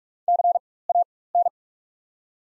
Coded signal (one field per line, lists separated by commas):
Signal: Morse code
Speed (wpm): 46 wpm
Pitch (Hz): 700 Hz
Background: none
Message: CAN